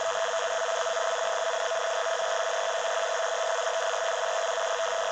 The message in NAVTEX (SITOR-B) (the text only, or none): ZCZC IA78 141319 UTC DEC 21